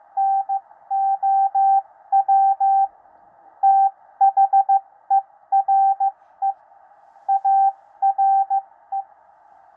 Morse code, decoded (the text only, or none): NOW THERE ARE